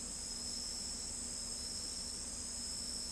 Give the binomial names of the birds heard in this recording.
none